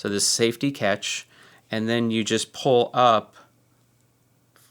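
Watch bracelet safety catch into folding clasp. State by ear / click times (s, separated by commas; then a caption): not seated / none. Someone talks while handling the safety catch on the folding clasp of a Tudor Pelagos titanium bracelet, pulling it up to close it. The speech stops around 3.3 s and the clip falls nearly silent. The catch has not locked or clicked into place yet.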